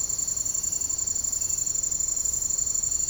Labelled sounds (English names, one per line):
none